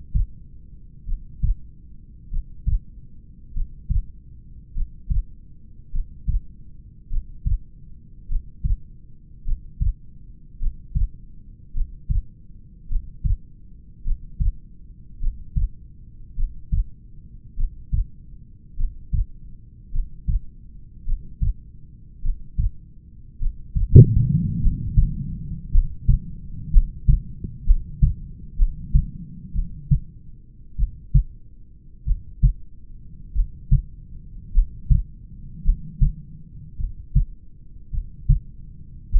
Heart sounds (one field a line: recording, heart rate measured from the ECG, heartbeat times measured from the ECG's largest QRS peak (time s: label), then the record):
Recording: heart sounds by stethoscope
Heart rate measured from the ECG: 52 bpm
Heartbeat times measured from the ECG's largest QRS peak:
1.10 s: heartbeat
2.34 s: heartbeat
3.57 s: heartbeat
4.78 s: heartbeat
5.95 s: heartbeat
7.13 s: heartbeat
8.32 s: heartbeat
9.48 s: heartbeat
10.63 s: heartbeat
11.77 s: heartbeat
12.92 s: heartbeat
14.07 s: heartbeat
15.23 s: heartbeat
16.39 s: heartbeat
17.60 s: heartbeat
18.80 s: heartbeat
19.95 s: heartbeat
21.08 s: heartbeat
22.25 s: heartbeat
23.42 s: heartbeat
24.64 s: heartbeat
25.75 s: heartbeat
26.74 s: heartbeat
27.68 s: heartbeat
28.61 s: heartbeat
29.57 s: heartbeat
30.81 s: heartbeat
32.09 s: heartbeat
33.38 s: heartbeat
34.57 s: heartbeat
35.67 s: heartbeat
36.82 s: heartbeat
37.96 s: heartbeat
39.14 s: heartbeat
From the record:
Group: heart failure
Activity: Valsalva maneuver 0-27 s, rest 27-39 s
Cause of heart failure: familial cardiomyopathy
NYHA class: 1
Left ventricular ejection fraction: 49%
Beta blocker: bisoprolol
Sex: male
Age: 31 years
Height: 194 cm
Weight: 96 kg